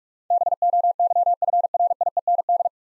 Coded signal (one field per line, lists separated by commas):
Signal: Morse code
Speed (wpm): 44 wpm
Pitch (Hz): 700 Hz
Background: none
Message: BOYFRIEND